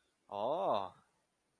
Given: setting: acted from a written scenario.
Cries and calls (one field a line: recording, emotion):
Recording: vocal sound without words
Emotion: interest